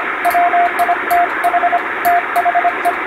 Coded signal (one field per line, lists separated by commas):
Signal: Morse code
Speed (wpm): 25 wpm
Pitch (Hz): 700 Hz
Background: radio noise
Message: WITH THE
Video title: ノイズに埋もれるモールス符号を受信してみよう！昔なつかしい短波の雑音に埋もれていたＣＷを聞いて昭和を思い出そう！ハムの受信練習にも(morse practice for radio operator)